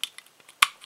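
A small plastic mounting plate for a Swann Bolt HD action camera is pressed into its slot in the camera charger/mount base, with a few faint, light clicks and taps beforehand. At 0.6 s it seats with a single sharp, bright click, followed by one softer tick near the end, and the plate is in place.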